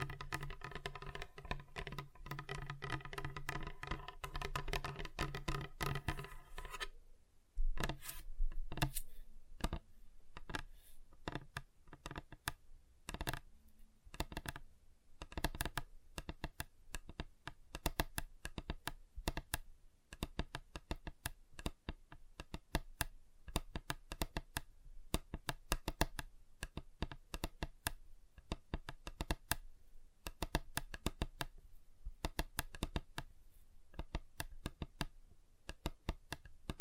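Fingers tap on different tabletop surfaces in quick, uneven bursts of sharp clicks and knocks, much like typing. For the first seven seconds a steady low hum runs underneath, then it drops away and only the dense, irregular tapping continues to the end.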